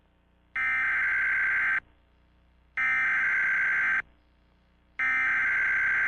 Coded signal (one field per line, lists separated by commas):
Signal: Emergency Alert System (SAME) tones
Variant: header bursts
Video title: EAS Scenario: Ice Ice Deadly. (Plz Read Description before watching!)